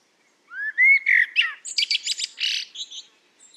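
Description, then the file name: Common blackbird song phrase: a smooth rising whistle and slurred fluty notes, then a strained, buzzy high twittering finish. "Turdus merula"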